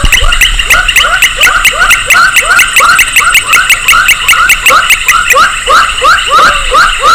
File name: Pulchrana baramica